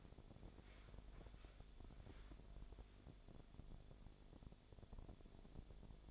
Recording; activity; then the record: daily activity, microphone in the room; walk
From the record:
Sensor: 5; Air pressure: 1000.6 hPa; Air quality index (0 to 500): 138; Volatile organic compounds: 2 ppm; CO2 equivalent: 1070 ppm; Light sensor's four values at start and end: 47/110/46/48 and 47/110/46/48